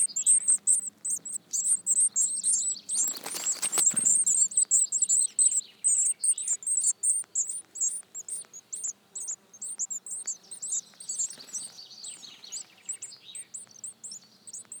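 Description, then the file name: Eurasian blue tit calls: busy, overlapping high-pitched chirps throughout, broken by a brief loud rustling or flapping sound around the fourth second. "Cyanistes caeruleus"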